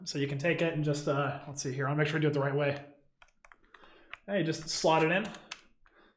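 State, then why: Seated. An HDMI expansion module is slotted into a port bay on the underside of a laptop while someone talks. Light handling taps and clicks follow a pause in the talk. The module clicks into place at 5.9 s and is seated.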